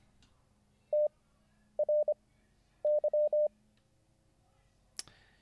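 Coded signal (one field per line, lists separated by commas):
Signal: Morse code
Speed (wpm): 25 wpm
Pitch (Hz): 600 Hz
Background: none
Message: TRY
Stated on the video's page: Livestreamed Morse code learning lesson.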